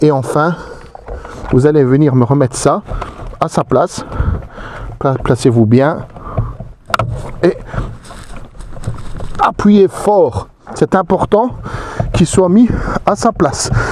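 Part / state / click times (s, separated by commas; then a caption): plastic steering column trim into its clips on the car's steering column / seated / 6.9 s. Someone talks while pressing the plastic steering column trim back into its clips on the steering column of a VW Golf 6, after reconnecting the white connector during a cruise control installation. A sharp, loud snap is heard at 6.9 s as the trim seats fully in place, followed by a few quieter taps, with pressing hard needed so it sits properly.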